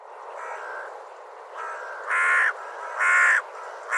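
Bird calling with a series of harsh caws, softer raspy notes at first, then two loud grating calls and the start of another.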